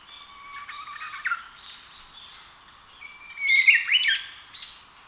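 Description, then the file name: Japanese bush warbler singing two songs, each a held whistled note that breaks into a sharp flourish. "uguisu"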